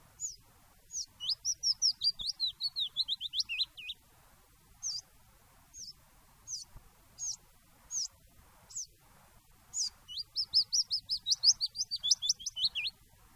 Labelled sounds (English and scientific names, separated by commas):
Willow Warbler (Phylloscopus trochilus)